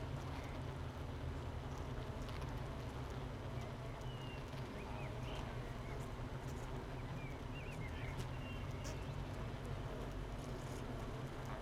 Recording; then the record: honeybee colony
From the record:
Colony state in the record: missing queen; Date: 31 May 2018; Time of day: 8:25